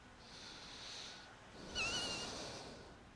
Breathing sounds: one breath in and out by a microphone near the nose and mouth; deep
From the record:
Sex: male

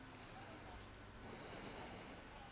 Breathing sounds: one breath in and out by a microphone near the nose and mouth; deep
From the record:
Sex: male

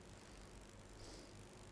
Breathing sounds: one breath in and out by a microphone near the nose and mouth; normal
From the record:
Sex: male

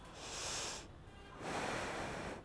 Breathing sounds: one breath in and out by a microphone near the nose and mouth; deep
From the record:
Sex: female

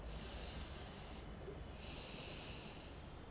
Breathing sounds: one breath in and out by a microphone near the nose and mouth; deep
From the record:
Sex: male

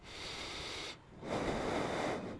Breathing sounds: one breath in and out by a microphone near the nose and mouth; deep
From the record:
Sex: male

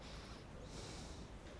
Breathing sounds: one breath in and out by a microphone near the nose and mouth; normal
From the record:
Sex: male

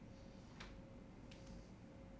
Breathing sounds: one breath in and out by a microphone near the nose and mouth; normal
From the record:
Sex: male

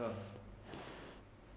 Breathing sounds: one breath in and out by a microphone near the nose and mouth; normal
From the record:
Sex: female

